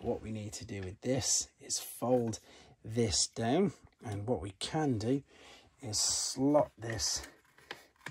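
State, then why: Seated. Someone talks while folding down a plastic panel on a Transformers Generations Selects Black Zarak titan figure and slotting it into its slot on the body. Sharp clicks are heard at 7.7 s and 8.1 s as the panel seats into position.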